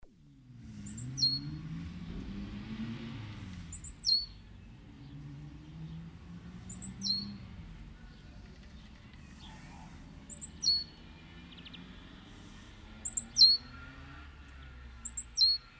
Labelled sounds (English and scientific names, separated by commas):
Great Tit (Parus major) call